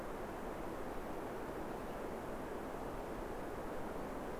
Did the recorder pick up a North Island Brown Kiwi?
no